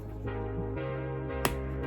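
Over steady background music, the plastic ATOP lace dial on a SHIMA Edge Vented motorcycle riding shoe is released to take the shoe off, giving a single sharp click at 1.5 s. The closure comes loose with just one turn.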